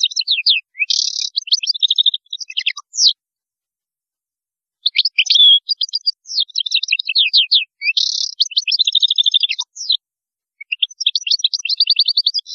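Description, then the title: European goldfinch song: rapid, tinkling twitters, buzzy bursts and liquid trills in phrases separated by short pauses. "Chant Chardonneret"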